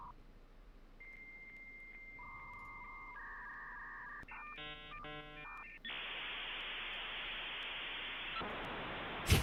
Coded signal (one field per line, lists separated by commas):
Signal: dial-up modem handshake